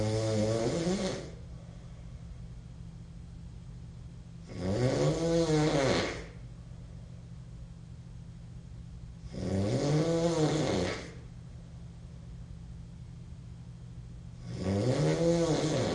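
Four loud, buzzing snore bursts, each lasting about one and a half seconds, recur roughly every five seconds, near 12 a minute, with a steady low hum between them. This is a harsh, obnoxious nasal snore from an adult male, a sound effect.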